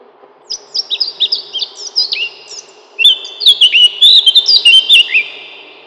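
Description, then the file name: Eurasian blackcap song: a run of quick high notes followed by a louder, fluting warble of clear slurred whistles, with a soft low hum beneath. "славка черноголовая"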